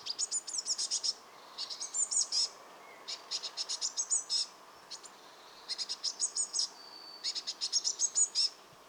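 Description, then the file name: Eurasian blue tit calling in repeated short bursts of quick, high, thin notes, separated by brief pauses. "Cyanistes caeruleus"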